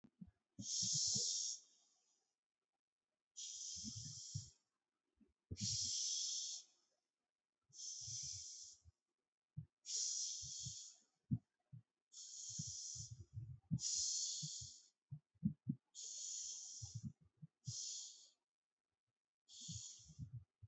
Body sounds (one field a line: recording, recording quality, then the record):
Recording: deep breathing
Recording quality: excellent, no background noise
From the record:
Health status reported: healthy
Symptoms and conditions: none ticked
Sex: male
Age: 25 years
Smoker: not ticked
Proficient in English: yes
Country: India